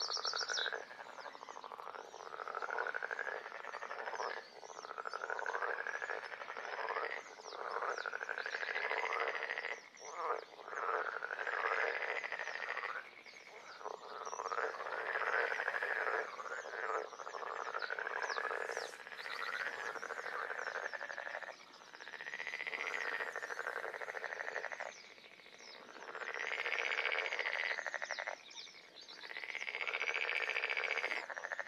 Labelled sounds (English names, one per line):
Edible Frog call